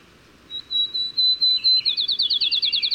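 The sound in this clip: Bird song: a series of thin, high whistled notes, followed by a fast trill of repeated notes with a lower warble underneath. The background is otherwise quiet.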